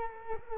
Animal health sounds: mosquito wingbeat signal from an infrared sensor; Culex quinquefasciatus

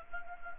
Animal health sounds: mosquito wingbeat signal from an infrared sensor; Anopheles gambiae

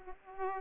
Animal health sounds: mosquito wingbeat signal from an infrared sensor; Culex pipiens

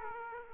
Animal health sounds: mosquito wingbeat signal from an infrared sensor; Aedes aegypti

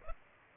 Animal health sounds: mosquito wingbeat signal from an infrared sensor; Culex pipiens

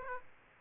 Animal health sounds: mosquito wingbeat signal from an infrared sensor; Aedes aegypti

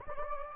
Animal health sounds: mosquito wingbeat signal from an infrared sensor; Anopheles gambiae

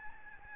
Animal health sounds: mosquito wingbeat signal from an infrared sensor; Aedes albopictus

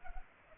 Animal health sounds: mosquito wingbeat signal from an infrared sensor; Culex pipiens

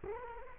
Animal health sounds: mosquito wingbeat signal from an infrared sensor; Culex quinquefasciatus

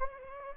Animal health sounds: mosquito wingbeat signal from an infrared sensor; Anopheles gambiae

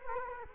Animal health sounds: mosquito wingbeat signal from an infrared sensor; Culex quinquefasciatus

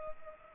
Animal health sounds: mosquito wingbeat signal from an infrared sensor; Culex pipiens

